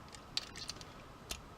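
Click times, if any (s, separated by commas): 0.4 s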